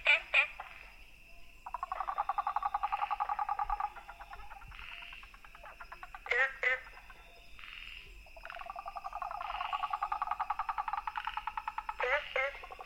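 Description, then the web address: Frogs calling, rapid pulsed trills in long rattling runs, overlapping callers, with a few sharp louder chirping notes breaking in. Recorded 13 April 2014. "frog rec 140413"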